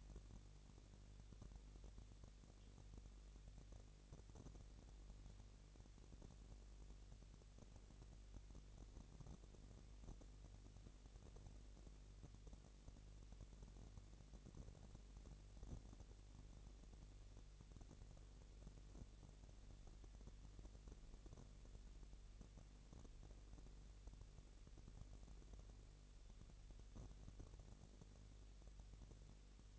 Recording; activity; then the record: daily activity, microphone in the room; no activity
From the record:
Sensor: 4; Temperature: 22.5 degrees Celsius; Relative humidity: 33.4%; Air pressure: 999.6 hPa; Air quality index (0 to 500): 230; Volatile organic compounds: 20 ppm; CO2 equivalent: 2703 ppm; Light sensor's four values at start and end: 2/3/1/1 and 2/3/1/1